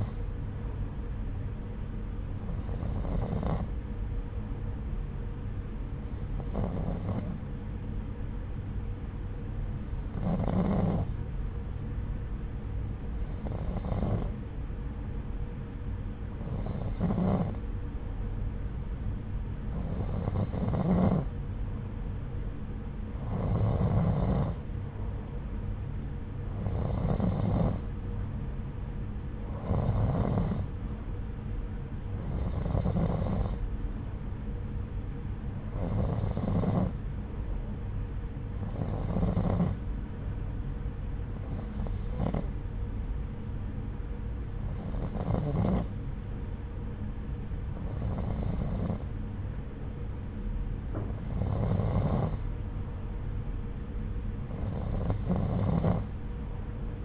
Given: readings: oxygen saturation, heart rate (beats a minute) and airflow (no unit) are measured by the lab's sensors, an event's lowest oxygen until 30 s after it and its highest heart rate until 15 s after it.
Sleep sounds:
breathing in sleep by a smartphone at the bedside; 1
33.00-50.80 s: hypopnea (N2, oxygen 92% highest, then 89% lowest, heart rate 79 at the start, 79 highest)
From the record:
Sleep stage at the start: N2 (light sleep); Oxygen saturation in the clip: 89 to 92%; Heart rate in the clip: 65 to 79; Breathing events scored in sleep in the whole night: 303 in 8.1 hours asleep

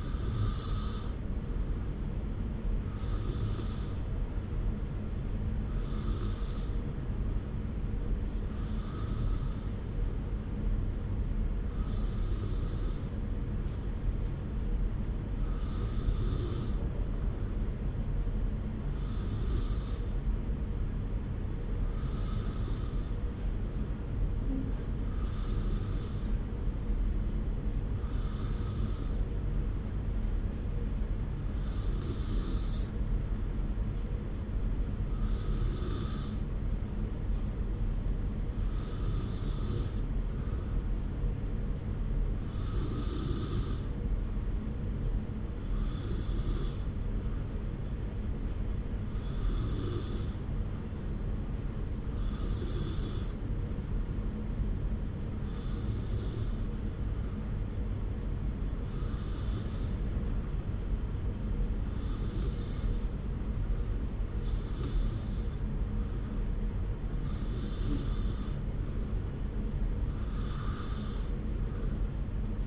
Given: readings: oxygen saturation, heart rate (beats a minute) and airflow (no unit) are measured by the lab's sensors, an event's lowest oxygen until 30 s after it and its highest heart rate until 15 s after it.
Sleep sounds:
breathing in sleep by a smartphone at the bedside; none
none scored
From the record:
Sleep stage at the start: N2 (light sleep); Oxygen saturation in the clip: 93 to 94%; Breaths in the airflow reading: 26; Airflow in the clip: -0.8 to 0.9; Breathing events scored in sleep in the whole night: 335 in 6.7 hours asleep

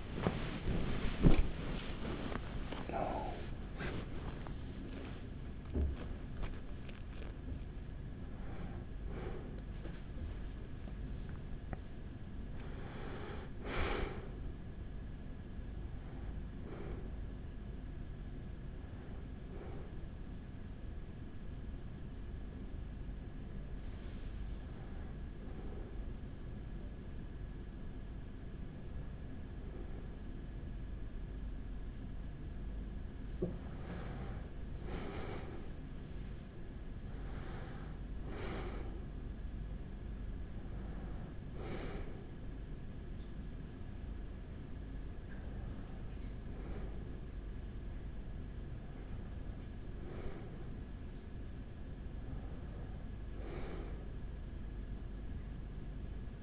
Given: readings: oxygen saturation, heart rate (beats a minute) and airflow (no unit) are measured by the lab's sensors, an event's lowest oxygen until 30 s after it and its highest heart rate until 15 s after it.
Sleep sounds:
breathing in sleep by a smartphone at the bedside; 1
0.00-26.00 s: awake
20.00-36.70 s: hypopnea (scored as awake, oxygen 97% highest, then 92% lowest, heart rate 66 at the start, 66 highest)
24.00-56.43 s: new sleep stage, N1 (lightest sleep)
From the record:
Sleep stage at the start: awake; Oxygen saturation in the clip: 91 to 97%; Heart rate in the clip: 45 to 76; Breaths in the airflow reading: 14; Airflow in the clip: -8.7 to 9.0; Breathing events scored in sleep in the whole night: 207 in 7.6 hours asleep

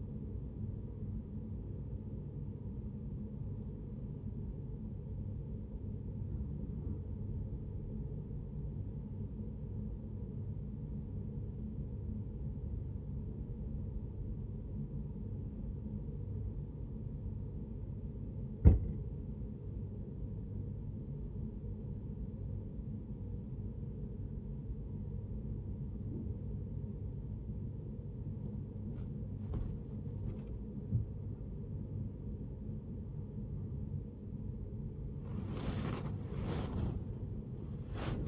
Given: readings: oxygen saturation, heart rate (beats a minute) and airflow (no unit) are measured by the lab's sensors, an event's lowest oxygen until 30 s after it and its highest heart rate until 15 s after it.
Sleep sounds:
a person awake in a sleep study, by a smartphone at the bedside; none
0.00-38.28 s: awake
From the record:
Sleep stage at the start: awake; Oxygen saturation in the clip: 89 to 95%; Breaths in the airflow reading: 9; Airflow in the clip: -10.5 to 9.6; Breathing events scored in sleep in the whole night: 496 in 5.4 hours asleep

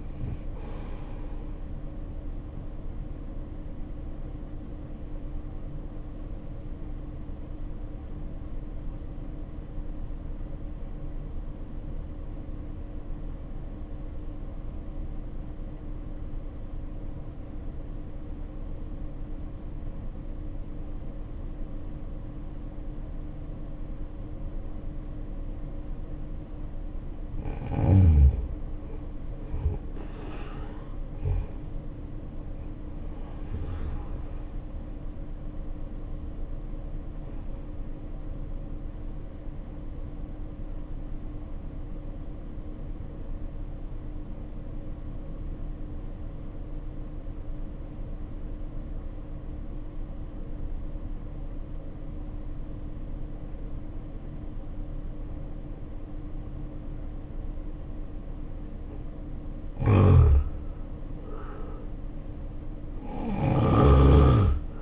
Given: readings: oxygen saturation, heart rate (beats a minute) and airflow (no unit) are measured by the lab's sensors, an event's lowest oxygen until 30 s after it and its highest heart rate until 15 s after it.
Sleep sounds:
breathing in sleep by a smartphone at the bedside; 2
7.00-27.00 s: obstructive apnea (N2, oxygen 93% highest, then 80% lowest, heart rate 61 at the start, 74 highest)
44.00-60.20 s: obstructive apnea (N2, oxygen 92% highest, then 79% lowest, heart rate 55 at the start, 73 highest)
57.00-64.82 s: new sleep stage, N1 (lightest sleep)
From the record:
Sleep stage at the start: N2 (light sleep); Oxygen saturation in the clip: 80 to 93%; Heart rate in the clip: 54 to 76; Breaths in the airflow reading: 6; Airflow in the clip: -12.2 to 7.8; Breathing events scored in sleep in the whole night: 520 in 7.2 hours asleep

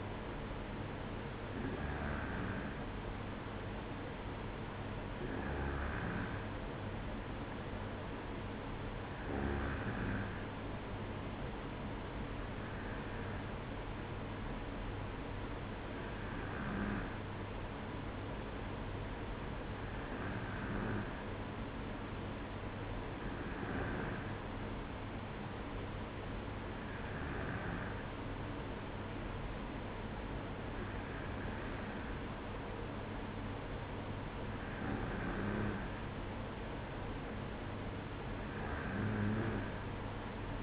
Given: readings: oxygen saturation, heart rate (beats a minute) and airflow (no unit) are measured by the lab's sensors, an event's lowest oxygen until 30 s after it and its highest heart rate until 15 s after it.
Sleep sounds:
breathing in sleep by a voice recorder at the bedside; none
none scored
From the record:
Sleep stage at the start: N2 (light sleep); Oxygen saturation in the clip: 94%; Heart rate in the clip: 55 to 57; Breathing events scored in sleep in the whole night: 305 in 9.6 hours asleep

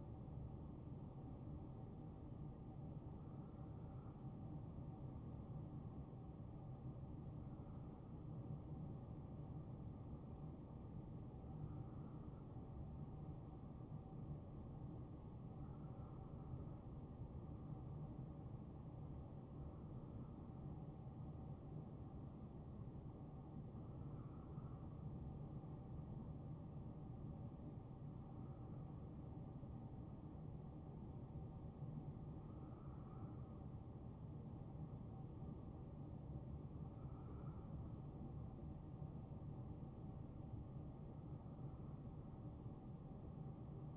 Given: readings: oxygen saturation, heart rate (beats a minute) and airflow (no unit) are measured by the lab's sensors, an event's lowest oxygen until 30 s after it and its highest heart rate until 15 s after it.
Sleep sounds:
a person awake in a sleep study, by a smartphone at the bedside; none
0.00-43.97 s: awake
From the record:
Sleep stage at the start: awake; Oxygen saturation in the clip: 92%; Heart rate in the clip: 68 to 74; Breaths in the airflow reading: 11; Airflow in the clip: -2.3 to 2.4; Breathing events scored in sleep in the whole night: 263 in 5.5 hours asleep

